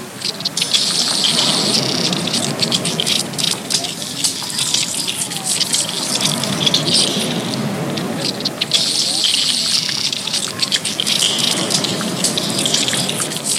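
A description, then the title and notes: Waves wash over a pebble beach, each one dragging the stones into a dense, bright rattling hiss that peaks near the start and again around nine seconds. Between these surges a lower rolling rush of water carries on, continuous. At the seashore of the Côte d'Azur (France) you rarely have a sandy beach, most of the time you have pebble beaches. With every wave the pebbles make an unsurpassable and characteristic noise. This track is a mixture of field recordings from the Côte d'Azur (waves and voices) and around 20 samples of three stones (from those pebble beaches).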